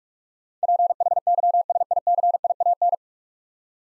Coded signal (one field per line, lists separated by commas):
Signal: Morse code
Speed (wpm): 46 wpm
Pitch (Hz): 700 Hz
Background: none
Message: PHYSICIAN